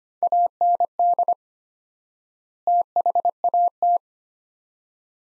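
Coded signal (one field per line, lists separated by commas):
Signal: Morse code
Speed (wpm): 25 wpm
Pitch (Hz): 700 Hz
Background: none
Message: AND THAT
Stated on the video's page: Morse practice of two-word sets at 25 wpm with 4x word spacing, a Farnsworth-like method applied to words, for head-copy training.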